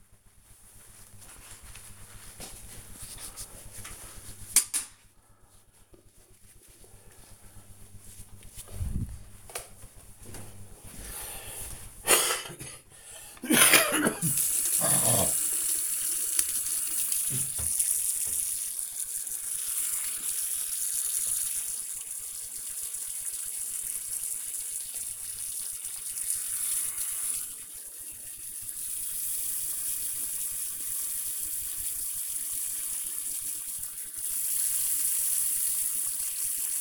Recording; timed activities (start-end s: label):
household activities, microphone on the right wrist
14.22-36.81 s: brushing teeth
14.32 s: note: noise